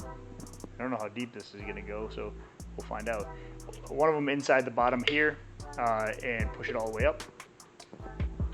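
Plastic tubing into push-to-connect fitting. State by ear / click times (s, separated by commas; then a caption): not seated / none. Someone talks over background music while handling plastic PEX tubing, pushing it up into the bottom of a push-to-connect fitting whose internal teeth grip and lock it. A few brief sharp sounds occur near the start and end. The tubing has not seated or clicked into place yet.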